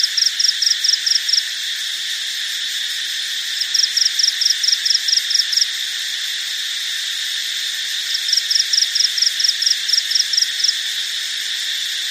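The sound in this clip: Cricket chirping: three fast, high trains of ticking pulses, spaced a few seconds apart, over a steady high hum.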